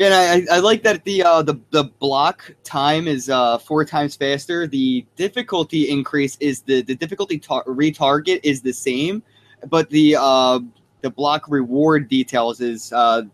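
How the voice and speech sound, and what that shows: A man speaks conversationally about cryptocurrency block times, comparing Litecoin with Bitcoin. His speech is fluent, with ordinary everyday repetitions and fillers.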